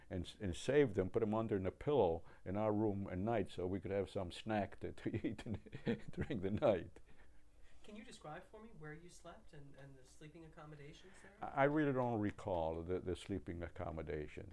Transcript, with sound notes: And saved them, put under the pillow in our room at night so we could have some snack to -- to eat during the [Laughing]
Can you describe for me where you slept and the, the sleeping accommodations there?
I really don't recall the sleeping accommodations.